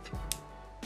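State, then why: Seated. A crimping tool is squeezed on an RJ45 plug on a network cable, giving a small, sharp click at 0.3 s over a low, steady background. The click confirms the plug is crimped.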